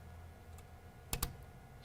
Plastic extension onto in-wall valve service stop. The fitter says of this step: and they simply snap